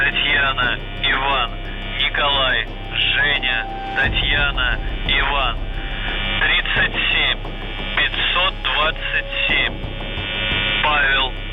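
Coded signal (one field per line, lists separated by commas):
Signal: numbers station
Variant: UVB-76, Russian voice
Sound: a Russian voice reads name-code words, then the numbers 37 520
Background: radio static, hum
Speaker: the buzzing sound suddenly stops, and instead, a voice speaking Russian appears. The voice reads sequences of strange numbers and words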